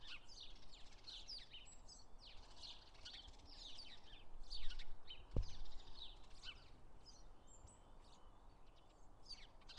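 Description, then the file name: House sparrows chirping busily, a dense chatter of many short bright chirps with no pause, over faint background hiss. "Passer domesticus"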